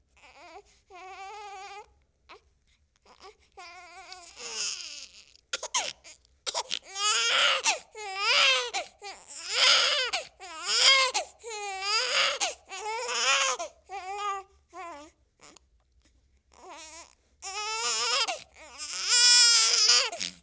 Baby Crying.